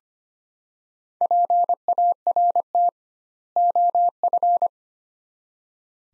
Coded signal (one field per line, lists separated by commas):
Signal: Morse code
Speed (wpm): 25 wpm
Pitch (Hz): 700 Hz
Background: none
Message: PART OF